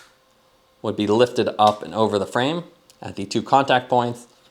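On Smith Syncline oversized cycling sunglasses, the top edge of the lens is being handled toward the two contact points on the plastic frame while someone talks throughout. Nothing has seated or clicked yet in this clip.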